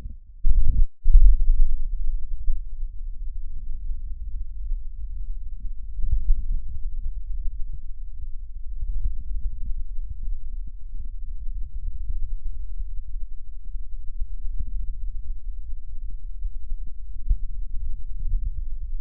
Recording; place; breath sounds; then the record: lung sounds by stethoscope; left posterior lower chest; normal breath sounds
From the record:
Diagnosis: none (healthy); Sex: male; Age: 32 years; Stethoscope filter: bell mode, 20 to 200 Hz